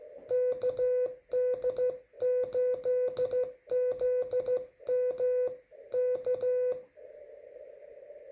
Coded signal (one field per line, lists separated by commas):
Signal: Morse code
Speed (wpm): 14 wpm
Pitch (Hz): 500 Hz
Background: none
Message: KD8ZM K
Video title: CW (MORSE CODE) SLOW SPEED QSO QRP 2021.10.26 17:51Z USA